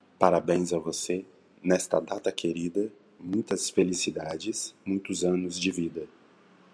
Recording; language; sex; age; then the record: short text; Brazilian Portuguese; male; 40 to 49 years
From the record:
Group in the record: control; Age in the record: 47 years